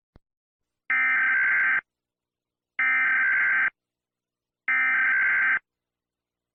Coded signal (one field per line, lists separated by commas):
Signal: Emergency Alert System (SAME) tones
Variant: header bursts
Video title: EAS Scenario: China bombed Philippines